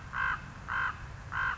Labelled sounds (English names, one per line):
Common Raven